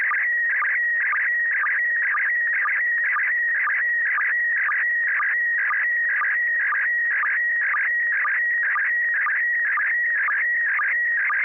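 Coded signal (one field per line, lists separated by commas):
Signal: SSTV (slow-scan television)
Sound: warbling tone near 2 kHz with a short low chirp about twice per second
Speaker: Good evening, Joel. Welcome. You're number 3. Carol standing by to send a picture.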